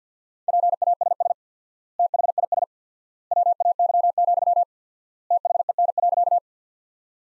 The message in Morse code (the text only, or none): PASS THIS WAY, THEN.